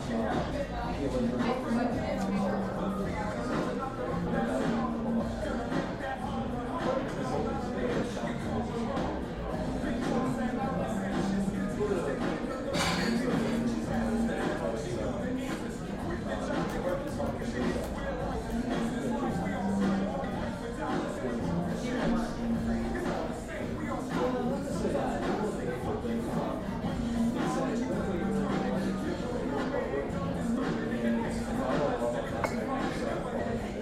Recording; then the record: background sound without coughing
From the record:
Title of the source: 60 minutes of coffee shop sounds for study and concentration